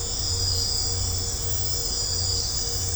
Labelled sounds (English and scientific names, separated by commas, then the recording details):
none
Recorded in secondary vegetation near Puerto Asís, Putumayo, Colombia, on 20 December 2024 at 23:00
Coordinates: 0.502, -76.326
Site G028